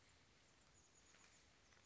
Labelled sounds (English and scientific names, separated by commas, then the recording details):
Chestnut-backed Chickadee (Poecile rufescens)
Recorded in Sonoma County, California